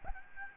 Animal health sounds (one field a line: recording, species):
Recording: mosquito wingbeat signal from an infrared sensor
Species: Aedes albopictus